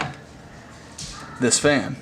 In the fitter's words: So now we're just going to pull that lever that I was discussing earlier, and that will lock into place